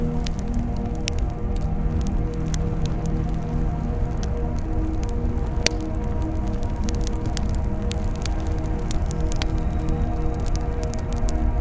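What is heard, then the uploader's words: A bonfire burns with a steady, dense low roar that holds level throughout. Quick, sharp crackles and pops scatter across the top at irregular intervals, several per second, with one louder snap near the middle. Burning Bonfire Ambience.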